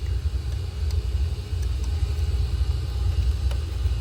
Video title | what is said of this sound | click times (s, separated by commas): How To Prime BMW N55 Oil Pump After Service! Prevent Rod Knock & Engine Failure! SI B11 09 15 | Push it until it clicks, I think twice. | 0.9 s, 3.5 s